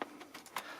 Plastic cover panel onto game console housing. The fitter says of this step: it's clicking in it might not click in to easy because some tabs may be broken that I didn't see before